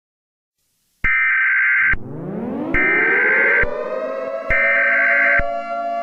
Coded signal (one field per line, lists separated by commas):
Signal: Emergency Alert System (SAME) tones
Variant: header bursts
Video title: EAS scenario 23 (short/Easter special): Easter egg hunting gone wrong!